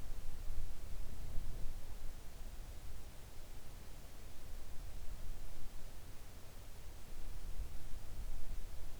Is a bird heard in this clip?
no